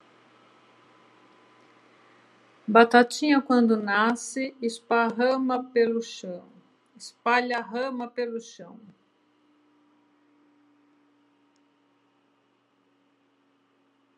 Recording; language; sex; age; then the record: short text; Brazilian Portuguese; female; 60 to 69 years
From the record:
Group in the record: control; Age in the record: 66 years